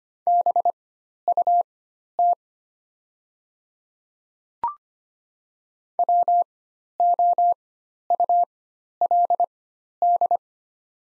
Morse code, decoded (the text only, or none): BUT WOULD